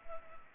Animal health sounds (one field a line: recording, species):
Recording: mosquito wingbeat signal from an infrared sensor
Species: Culex pipiens